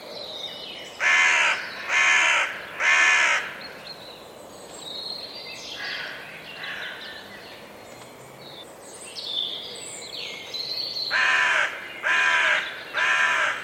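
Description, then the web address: Crow-like bird giving harsh caws in two bursts of three, with fainter calls and squeaks in between, the second triplet about ten seconds after the first. "Deverinetal 2025 File origin Bird Only"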